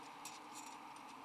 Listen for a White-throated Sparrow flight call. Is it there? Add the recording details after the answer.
no. No flight call is heard. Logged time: 04:49 on 13 December 2014